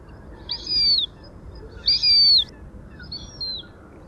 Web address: circus cyaneus call